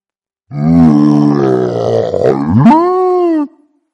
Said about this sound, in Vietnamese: Tiếng gầm giận dữ vang vọng cả vùng hoang dã. Không ổn. Đến khi Đặng Thanh Sơn nghe thấy tiếng gầm, thiếu niên mãnh thú đã lao vào giữa đám lính.